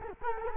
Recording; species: mosquito wingbeat signal from an infrared sensor; Culex quinquefasciatus